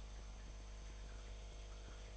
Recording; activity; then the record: daily activity, microphone in the room; make coffee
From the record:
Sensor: 5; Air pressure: 1002.1 hPa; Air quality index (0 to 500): 217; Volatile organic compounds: 24 ppm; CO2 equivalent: 2822 ppm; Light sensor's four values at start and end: 10/23/9/10 and 10/23/9/10